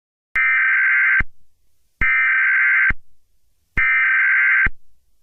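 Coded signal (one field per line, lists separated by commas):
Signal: Emergency Alert System (SAME) tones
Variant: header bursts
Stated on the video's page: Fictional EAS scenario using valid EAS tones.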